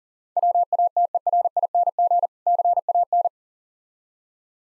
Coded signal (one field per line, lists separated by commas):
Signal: Morse code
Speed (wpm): 40 wpm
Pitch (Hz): 700 Hz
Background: none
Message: WATERING CAN